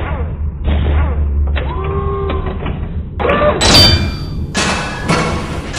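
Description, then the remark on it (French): An artificial-intelligence robot pounds a door with heavy, booming thuds, then smashes it apart in a series of loud crashes with splintering and ringing debris. No voices are heard. “La deuxième, j'aimerais que tu frappes à la porte.”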